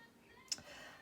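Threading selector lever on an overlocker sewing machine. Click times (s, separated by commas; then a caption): 0.5 s. The plastic threading selector lever on a Janome Airthread 2000D Professional overlocker is flipped over to the lower-looper air-threading position. A single short, sharp tick at 0.5 s stands out against a quiet background, and the lever clicks into position.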